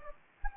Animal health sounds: mosquito wingbeat signal from an infrared sensor; Anopheles gambiae

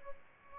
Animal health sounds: mosquito wingbeat signal from an infrared sensor; Aedes albopictus

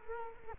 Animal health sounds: mosquito wingbeat signal from an infrared sensor; Culex quinquefasciatus

